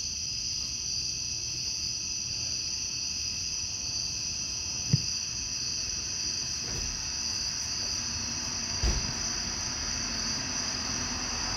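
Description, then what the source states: Cicadas sustaining a shrill continuous chorus while sharp knocks sound twice, with a low hum late on. Outdoor recording in summer.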